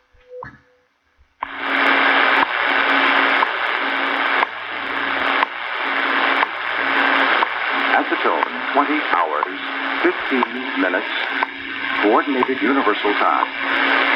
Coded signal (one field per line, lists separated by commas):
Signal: radio time signal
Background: speech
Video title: Tuning the shortwave radio bands live Nove,ber 11th 2016